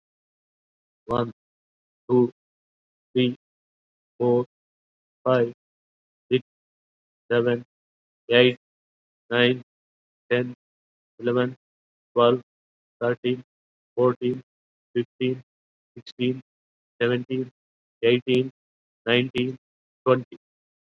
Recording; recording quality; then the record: counting at a normal pace; excellent, no background noise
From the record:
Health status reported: COVID-19 positive, mild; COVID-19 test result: positive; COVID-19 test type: RT-PCR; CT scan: not taken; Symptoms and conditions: fatigue, muscle pain, diarrhoea, hypertension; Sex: male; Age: 54 years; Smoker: no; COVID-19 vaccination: both doses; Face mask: worn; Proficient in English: no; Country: India